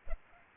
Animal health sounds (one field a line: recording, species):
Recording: mosquito wingbeat signal from an infrared sensor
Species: Culex pipiens